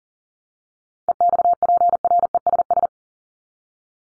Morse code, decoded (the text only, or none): EXPRESS